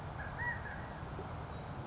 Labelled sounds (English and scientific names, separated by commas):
California Quail (Callipepla californica)